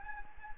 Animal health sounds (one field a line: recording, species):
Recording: mosquito wingbeat signal from an infrared sensor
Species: Anopheles gambiae